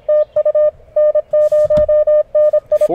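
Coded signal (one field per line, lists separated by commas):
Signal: Morse code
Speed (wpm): 26 wpm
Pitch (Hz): 600 Hz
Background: none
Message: TU N0NI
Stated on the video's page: CW contest worked from a park with a battery-powered Mountain Topper MTR-5B, a SOTABEAMS dipole and a palm mini paddle, reaching distant stations.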